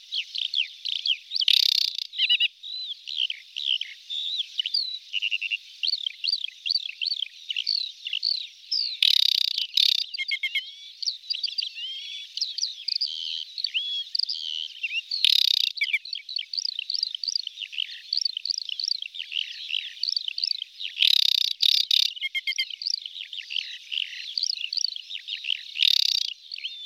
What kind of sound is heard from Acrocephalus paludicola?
song